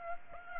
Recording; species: mosquito wingbeat signal from an infrared sensor; Aedes aegypti